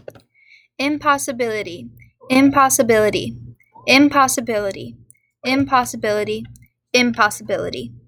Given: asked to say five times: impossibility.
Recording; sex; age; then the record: repeated word; female; 18 to 19 years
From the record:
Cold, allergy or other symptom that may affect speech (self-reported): no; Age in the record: 18 years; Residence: Indiana, United States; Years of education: 14